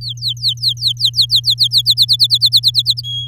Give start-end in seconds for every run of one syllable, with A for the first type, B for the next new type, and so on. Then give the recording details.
0.01-1.82 A, 1.85-3.02 B, 3.03-3.28 C. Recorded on 7 May 2018 at 16:03. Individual llb16